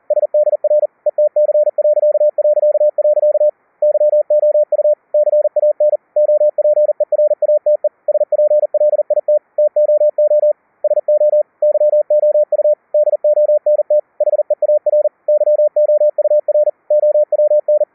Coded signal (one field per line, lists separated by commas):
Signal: Morse code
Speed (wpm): 40 wpm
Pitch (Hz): 600 Hz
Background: radio noise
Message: SDR ETC... YOU CAN OPERATE SPLIT TOO SO YOU DONT HEAR YOUR OWN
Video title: QUISK SDR(win 10) to QUISK SDR(Linux) - CW QSO each other over ip using Gstreamer VLF RF over IP